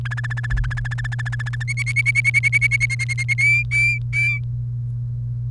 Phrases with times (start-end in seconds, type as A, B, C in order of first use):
0.05-1.63 A, 1.68-3.34 B, 3.38-4.38 C